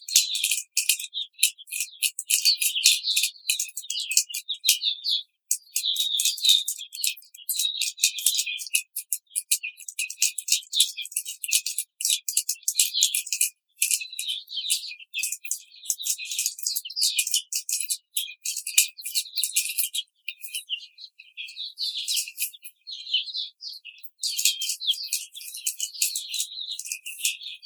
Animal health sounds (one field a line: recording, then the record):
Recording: young laying hens in a cage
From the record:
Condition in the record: treatment cage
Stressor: simulated dog barking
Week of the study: 5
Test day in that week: 1